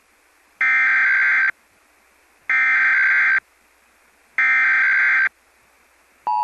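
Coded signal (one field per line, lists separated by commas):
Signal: Emergency Alert System (SAME) tones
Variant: header bursts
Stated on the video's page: Iowa Required Monthly Test captured from a TV subchannel through a Cisco DTA 271HD cable box.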